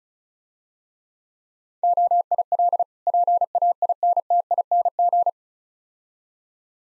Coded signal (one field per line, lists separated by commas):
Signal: Morse code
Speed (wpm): 34 wpm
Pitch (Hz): 700 Hz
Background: none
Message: OIL PAINTING